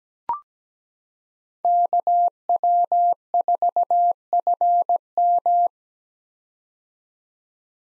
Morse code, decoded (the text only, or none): KW4FM